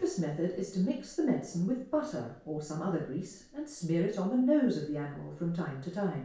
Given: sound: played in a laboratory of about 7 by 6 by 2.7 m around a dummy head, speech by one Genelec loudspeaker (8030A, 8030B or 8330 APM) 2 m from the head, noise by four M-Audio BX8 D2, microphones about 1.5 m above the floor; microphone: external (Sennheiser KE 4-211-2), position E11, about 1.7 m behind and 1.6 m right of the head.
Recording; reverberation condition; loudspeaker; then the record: female speech in English; medium; 90 degrees to the right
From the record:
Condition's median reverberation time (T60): about 510 ms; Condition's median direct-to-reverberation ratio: about -0.5 dB